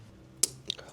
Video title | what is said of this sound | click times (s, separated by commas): Junkyard Rescue: Bringing a $700 Honda Civic Back to Life! | oh there it is that's a click okay so I'm pretty sure this is the correct one | 0.4 s